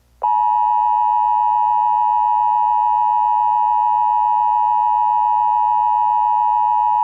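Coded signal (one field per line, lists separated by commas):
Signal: Emergency Alert System (SAME) tones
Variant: 853 and 960 Hz attention tone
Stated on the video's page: Fictional alert scenarios from a serialized series, not real broadcasts.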